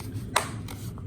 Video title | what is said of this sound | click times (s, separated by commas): Trim Falling Off Of Your Marvin Door? Try This Parting Stop Fix For Your 2011 To 2014 Inswing Door. | heard that little snap that means it's in there | 0.4 s